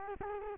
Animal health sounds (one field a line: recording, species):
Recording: mosquito wingbeat signal from an infrared sensor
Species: Culex quinquefasciatus